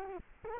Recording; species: mosquito wingbeat signal from an infrared sensor; Culex quinquefasciatus